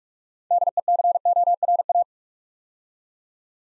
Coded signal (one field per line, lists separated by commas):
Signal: Morse code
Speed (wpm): 44 wpm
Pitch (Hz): 700 Hz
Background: none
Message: DECORA